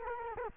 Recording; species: mosquito wingbeat signal from an infrared sensor; Culex quinquefasciatus